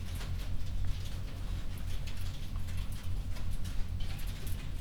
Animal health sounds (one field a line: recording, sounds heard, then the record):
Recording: poultry house recording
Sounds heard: no chicken sound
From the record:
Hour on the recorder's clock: 21